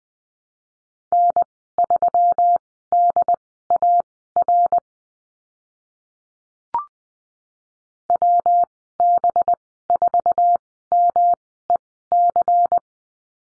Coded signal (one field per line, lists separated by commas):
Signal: Morse code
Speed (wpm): 20 wpm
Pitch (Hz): 700 Hz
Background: none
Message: N3DAR WB4MEC